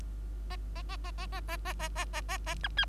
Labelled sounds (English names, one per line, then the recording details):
Bengalese Finch song
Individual Bird3